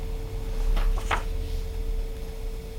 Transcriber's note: turns pages